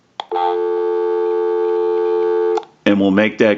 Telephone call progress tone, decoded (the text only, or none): dial tone